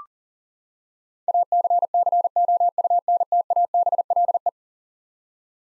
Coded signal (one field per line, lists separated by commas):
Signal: Morse code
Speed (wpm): 40 wpm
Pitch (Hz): 700 Hz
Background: none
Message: ACCOUNTABLE